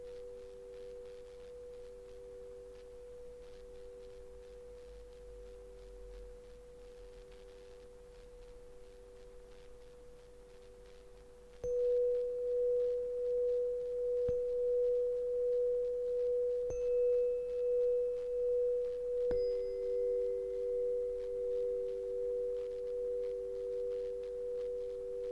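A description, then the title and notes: Hypnotic chimes hum as a steady pure tone with a close second tone beside it, beating slowly. Near twelve seconds a bright strike makes it louder and a wavering pulse sets in, with further light strikes around seventeen and nineteen seconds. The Hypnotic Chimes (Sleep and Relax ASMR). There is no talking or other audio elements.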